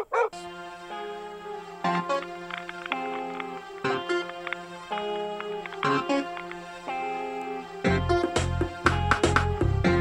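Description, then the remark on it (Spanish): An instrumental dancehall riddim with sustained melodic tones, punctuated by sharp, repeated dog barks. A heavy, thumping bass beat kicks in for the last couple of seconds. “Esto que estáis escuchando es un rhythm que se llama …, o sea, …”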